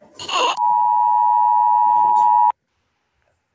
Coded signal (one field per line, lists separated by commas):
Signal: Emergency Alert System (SAME) tones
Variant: 853 and 960 Hz attention tone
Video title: ☢rating eas alarm season 2 part 4☢🌹spring special🌺